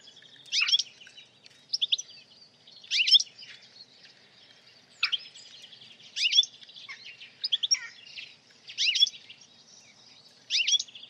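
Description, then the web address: Bird calls: short bursts of sharp high chirps repeated about every one to one and a half seconds, with faint twittering in the gaps. "Bird Only"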